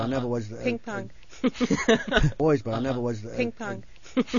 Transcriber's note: they laugh